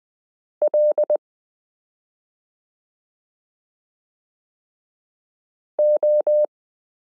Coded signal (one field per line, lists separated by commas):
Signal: Morse code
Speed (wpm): 20 wpm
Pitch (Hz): 600 Hz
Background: none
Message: L O